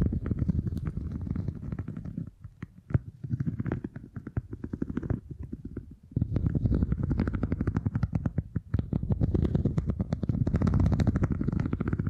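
Beeswax is worked by hand in a dense run of soft, sticky crackles and small ticks, with a low rumbling squish underneath. The sound thins out into quieter gaps around two to three seconds and near six seconds, then swells back up toward the end.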